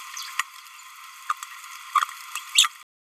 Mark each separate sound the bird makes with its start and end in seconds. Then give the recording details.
1.95-2.04, 2.55-2.67. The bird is a male. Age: 27 days. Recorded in a nest box in Venezuela. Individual 17B31A2